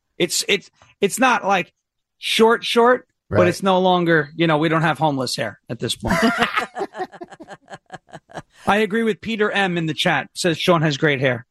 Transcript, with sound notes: It's not like short, short, but it's no longer, you know, we don't have homeless hair at this point. (laughing) I agree with Peter M in the chat, says Sean has great hair.